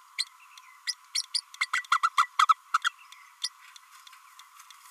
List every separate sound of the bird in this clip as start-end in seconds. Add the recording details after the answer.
0.87-0.93, 1.14-1.22, 1.34-1.41, 1.60-1.66, 1.73-1.84, 1.91-2.00, 2.03-2.09, 2.17-2.29, 2.39-2.46, 2.74-2.78, 2.84-2.89, 3.43-3.49. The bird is a female. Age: 30 days. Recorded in a nest box in Venezuela. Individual 17B32A5